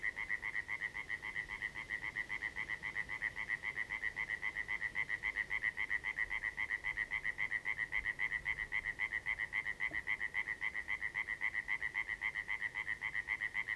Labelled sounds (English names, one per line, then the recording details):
Common Tree Frog call
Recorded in the wild
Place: Gorleben, OT Meetschow, Wendland, Niedersachsen, DE
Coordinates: 53.0483, 11.3881
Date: 1969-05-24
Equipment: Uher 4000 Report-S, Bändchenmikro Beyer M 260, Parabolspiegel Polyester (470 mm)
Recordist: Conrads, Klaus